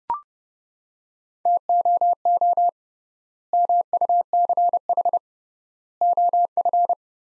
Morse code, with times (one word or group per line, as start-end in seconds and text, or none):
1.5-2.7 TOO
3.5-5.2 MUCH
6.0-6.9 OF